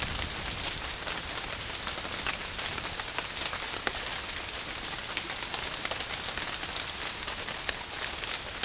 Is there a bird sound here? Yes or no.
no